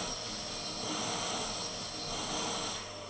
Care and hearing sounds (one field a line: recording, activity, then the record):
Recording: daily activity, microphone in the room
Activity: vacuum cleaning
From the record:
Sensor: 4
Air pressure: 1000.1 hPa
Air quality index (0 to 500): 232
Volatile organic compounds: 32 ppm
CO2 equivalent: 2992 ppm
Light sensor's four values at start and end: 9/21/8/8 and 9/21/8/8